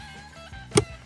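After its two left tabs are slid in, the right side of the plastic cabin air filter cover on a 2025–2026 Toyota Camry is pushed into the dashboard housing behind the glove box. A single sharp click sounds at 0.8 s over a quiet, steady tonal background. The cover is seated on both sides and will not come out.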